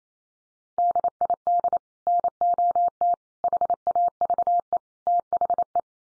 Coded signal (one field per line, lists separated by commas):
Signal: Morse code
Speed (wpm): 28 wpm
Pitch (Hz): 700 Hz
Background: none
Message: DID NOT HAVE THE